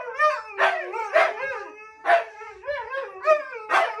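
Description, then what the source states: Siberian Husky: howl with a low held note below and rhythmic pulsing yowls above. Two huskies howling together as a duet inside an apartment; the neighbours are said to be shocked.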